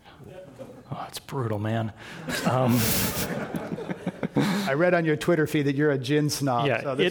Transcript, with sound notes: Oh, that’s brutal, man.
[Laughter]
I read on your Twitter feed that you’re a gin snob.